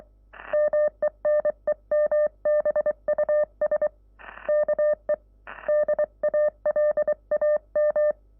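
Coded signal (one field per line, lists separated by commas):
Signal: Morse code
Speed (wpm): 23 wpm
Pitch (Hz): 600 Hz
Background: none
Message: MENEMBUS KE DALAM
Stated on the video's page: Morse played with four paddle keys using right and left hand.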